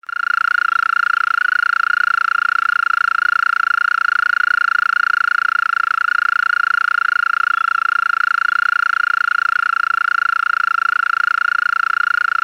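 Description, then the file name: European mole cricket singing a steady, finely pulsed churring trill at one even pitch, sustained without pause throughout. "Maulwurfsgrille"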